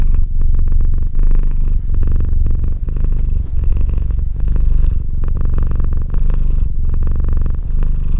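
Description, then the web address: Domestic cat purring continuously, a low grainy hum broken by soft breathy pulses in regular cycles. "Cat Purr 201308 Cat purr"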